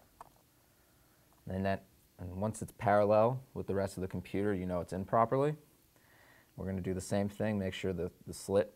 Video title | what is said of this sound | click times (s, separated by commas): How To: Upgrade RAM in a 2007 Macbook Pro | you want to push it at an angle make sure it slides all the way and then you want to push down until you hear that click sound | 0.2 s